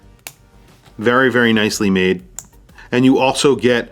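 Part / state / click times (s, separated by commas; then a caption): butterfly deployant clasp on a steel watch bracelet / seated / 0.3 s. The double push-button butterfly clasp on the steel bracelet of a Vanbanner automatic GMT watch with a Seiko NH34 movement is closed, giving a sharp, satisfying click at 0.3 s as it clicks shut. Afterwards, someone talks.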